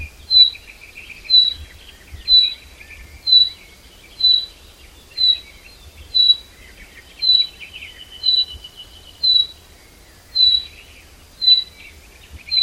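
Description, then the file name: Common chaffinch calls: a short, high, clear whistled note repeated about once a second, over soft twittering. "Fringilla coelebs"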